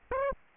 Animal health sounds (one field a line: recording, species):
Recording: mosquito wingbeat signal from an infrared sensor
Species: Aedes aegypti